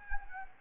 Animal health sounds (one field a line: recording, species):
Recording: mosquito wingbeat signal from an infrared sensor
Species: Anopheles gambiae